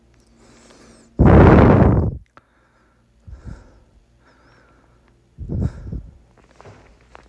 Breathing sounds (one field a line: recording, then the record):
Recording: deep breathing after running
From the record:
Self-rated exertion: light exertion (2 of 6)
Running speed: 8 miles an hour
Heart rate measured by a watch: 95 beats a minute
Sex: male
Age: 37 years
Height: 174 cm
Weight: 76 kg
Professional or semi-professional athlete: no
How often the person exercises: over 5 times a week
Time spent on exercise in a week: over 5 hours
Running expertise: yes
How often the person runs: 3 to 5 times a week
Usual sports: running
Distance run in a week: 70 km